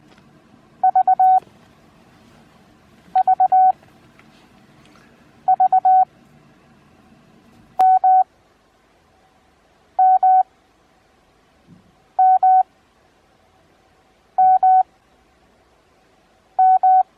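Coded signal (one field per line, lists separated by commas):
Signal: Morse code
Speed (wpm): 20 wpm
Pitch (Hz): 750 Hz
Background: none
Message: V V V M M M M M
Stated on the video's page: Morse practice at 20 wpm with Farnsworth timing at 9 wpm, covering letters M N A I E T.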